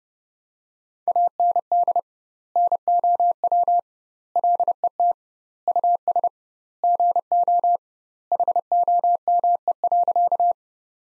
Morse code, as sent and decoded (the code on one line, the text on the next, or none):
.- -. -.. / -. --- .-- / .-.. . - / ..- ... / --. --- / .... --- -- . .-.-.-
AND NOW LET US GO HOME.